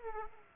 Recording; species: mosquito wingbeat signal from an infrared sensor; Aedes aegypti